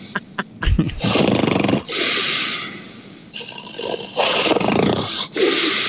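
Several loud, harsh snorting bursts from an adult sleeper, each a few seconds long, with a rough fluttering rattle in places, like a lawnmower that won't start. This is very loud, aggressive, occasional snoring in an adult who uses a CPAP machine.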